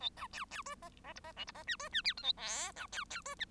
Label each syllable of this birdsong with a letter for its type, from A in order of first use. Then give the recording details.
A B C C D E E F E G F E H D H I J A K B C C D. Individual Bird1